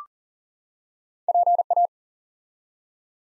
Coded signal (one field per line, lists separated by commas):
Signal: Morse code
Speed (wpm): 38 wpm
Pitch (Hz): 700 Hz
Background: none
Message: PA